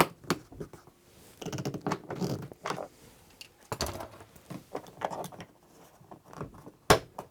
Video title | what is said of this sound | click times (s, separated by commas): 2017-2021 Cadillac XT5 Liftgate Hatch Trim Removal & Teardown Guide (PLUS Dash Cam!) | All right, I finally have that all snapped back in. | 0.3 s, 6.9 s